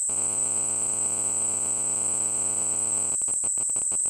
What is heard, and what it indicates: Tinnitus.